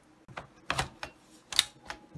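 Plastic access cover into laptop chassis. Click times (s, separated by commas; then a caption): 0.7 s, 1.6 s. A plastic access cover on a Dell Precision M6400/M6500 laptop is pressed back onto the chassis during reassembly after cleaning lint from the cooling system. A series of sharp plastic clicks and taps sounds, with the loudest snaps at 0.7 s and 1.6 s as the catches engage. The cover ends up seated in place.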